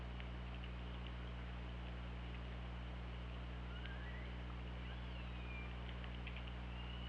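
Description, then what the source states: Killer whale calls: faint tonal sweeps, one rising and one falling, half a second to a second long, over steady underwater hum and hiss with scattered sharp clicks. Recorded on the OrcaLab hydrophone, 24 August 2017 at 19:20.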